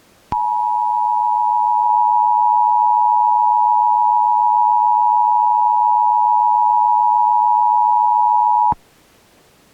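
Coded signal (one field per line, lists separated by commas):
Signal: Emergency Alert System (SAME) tones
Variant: 853 and 960 Hz attention tone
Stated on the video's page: Mock emergency broadcast scenario, fictional recreation in analog horror style.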